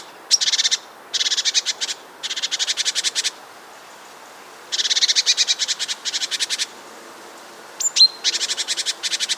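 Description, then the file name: Great tit harsh churring: repeated bouts of rapid grating notes in quick succession, broken by short gaps, with a brief thin high whistle near the end. "Parus major"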